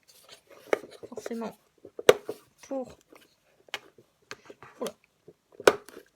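The last plastic panel of a Christmas light-box display case is pressed into its clips while someone talks, with scattered short knocks and taps throughout. The panel snaps into the display case frame with a sharp click at 5.7 s and is seated, going in easily even though it was expected to be the difficult one.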